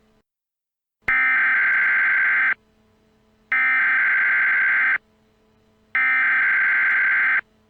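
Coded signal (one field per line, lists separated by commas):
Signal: Emergency Alert System (SAME) tones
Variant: header bursts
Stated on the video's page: Fictional EAS scenario, a Christmas special.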